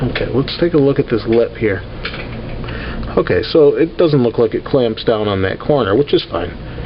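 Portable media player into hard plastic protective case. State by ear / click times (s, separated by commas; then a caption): not seated / none. An iPod Nano 4th generation is handled and pressed toward a Contour Showcase hard plastic protective case while someone talks, with a couple of brief handling taps near 2.0 and 3.0 seconds. The player has not snapped into the case yet, and nothing has seated or clicked by the end of the clip.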